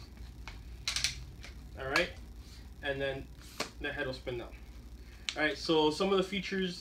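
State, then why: Seated. The reverse-folding legs of an 8-ply carbon fiber and aluminum tripod with a DB 46 head are swung open until each leg lock clicks into its locking hinge. Sharp clicks are heard at 0.5, 0.9 and 1.0 seconds, and then someone talks. The legs lock into the open position.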